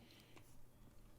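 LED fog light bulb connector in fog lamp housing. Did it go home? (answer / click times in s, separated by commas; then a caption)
released / 0.4 s. A new Auxito LED fog light bulb's plastic connector is pulled out of the fog lamp housing on a 2008–2011 Grand Caravan / VW Routan to test removal. A single small click is heard at 0.4 s as it releases, over a steady low background. The connector comes out of the housing cleanly.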